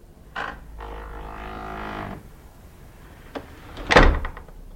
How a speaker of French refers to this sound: Et voici cette fameuse porte du château de Puttenden à Lingfield dans le Surrey. Cette porte qui s'ouvre souvent sans raisons apparentes.